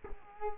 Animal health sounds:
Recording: mosquito wingbeat signal from an infrared sensor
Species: Culex quinquefasciatus

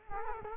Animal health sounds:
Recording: mosquito wingbeat signal from an infrared sensor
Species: Culex quinquefasciatus

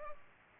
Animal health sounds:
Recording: mosquito wingbeat signal from an infrared sensor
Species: Culex pipiens

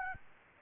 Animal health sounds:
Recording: mosquito wingbeat signal from an infrared sensor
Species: Aedes albopictus

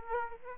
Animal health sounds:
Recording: mosquito wingbeat signal from an infrared sensor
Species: Aedes aegypti

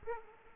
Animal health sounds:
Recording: mosquito wingbeat signal from an infrared sensor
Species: Aedes aegypti

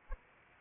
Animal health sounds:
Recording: mosquito wingbeat signal from an infrared sensor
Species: Anopheles arabiensis

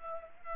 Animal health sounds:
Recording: mosquito wingbeat signal from an infrared sensor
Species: Culex pipiens

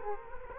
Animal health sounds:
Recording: mosquito wingbeat signal from an infrared sensor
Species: Culex quinquefasciatus

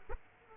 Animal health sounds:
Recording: mosquito wingbeat signal from an infrared sensor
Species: Aedes aegypti

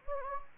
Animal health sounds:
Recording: mosquito wingbeat signal from an infrared sensor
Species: Anopheles gambiae

